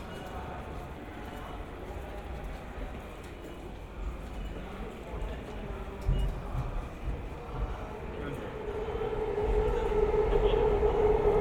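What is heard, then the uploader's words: Walking through Shinbashi in Tokyo, with a steady low rumble of traffic or trains and indistinct voices mixed into the crowd noise. From about eight seconds the sound grows louder, and a sustained mid-pitched tone rises above the din toward the end. 3D AUDIO TOKYO WALKING - Shinbashi(新橋), Japan.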